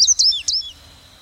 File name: indigobunting